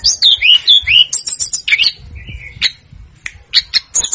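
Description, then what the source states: Snowy-browed flycatcher singing: a few clear whistled slurs, then scattered sharp chips and a short buzzy note, delivered in an uneven rhythm. Masteran for training cage birds; Indonesian names tledekan gunung and sikatan gunung.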